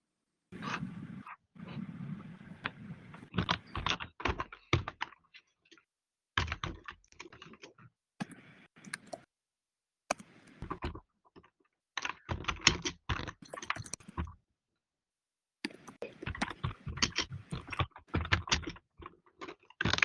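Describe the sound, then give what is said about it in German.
Rapid, uneven bursts of typing on a participant's computer keyboard during an online session, with sharp clicky keystrokes, pausing briefly between flurries before resuming at a brisk pace. “kann es sein, dass es deine Tastatur ist, die so sehr intensiv ist?”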